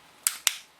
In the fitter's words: yeah there's a click now